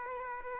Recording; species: mosquito wingbeat signal from an infrared sensor; Aedes aegypti